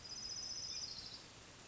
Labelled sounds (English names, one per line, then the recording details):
Orange-crowned Warbler
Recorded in Sonoma County, California